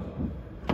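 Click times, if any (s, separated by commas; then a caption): 0.7 s. The front trunk (frunk) lid of a 2022 Audi RS e-Tron GT electric car is dropped and then pressed down lightly into its body latch. A low, steady rumble runs until a sharp, broadband click at 0.7 s as the latch catches and the lid is seated shut.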